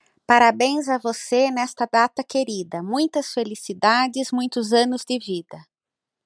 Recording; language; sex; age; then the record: short text; Brazilian Portuguese; female; 40 to 49 years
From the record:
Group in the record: control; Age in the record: 47 years